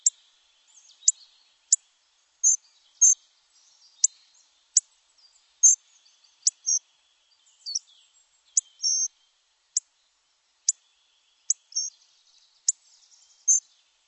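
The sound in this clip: Bird calls: high, thin clicks and short buzzy double notes, repeated irregularly throughout with silence between.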